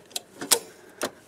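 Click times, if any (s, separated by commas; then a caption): 0.5 s. The metal locking lever of the interchangeable cutting cassette on an Allett Stirling cordless reel mower is pushed down after the cassette is put back in. A short tick at 0.2 s is followed by a sharp click at 0.5 s as the lever engages, and another short tick comes at 1.0 s. The lever is seated and the cassette is locked in place.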